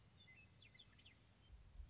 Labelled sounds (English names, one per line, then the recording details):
Western Meadowlark
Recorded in Sonoma County, California